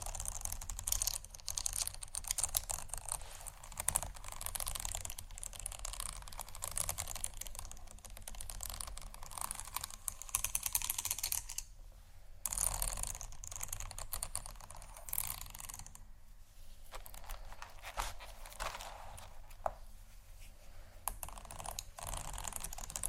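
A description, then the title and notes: Textured bags crinkle and rustle in dense, crackly bursts of small clicks, with brief quieter pauses near 12 and 16 seconds. ASMR 4 Textured Bags 1 Hour（No Talking）.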